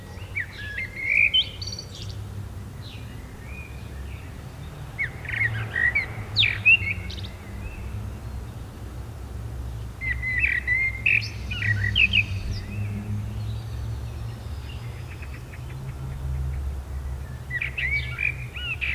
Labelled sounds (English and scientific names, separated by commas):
Common Blackbird (Turdus merula) song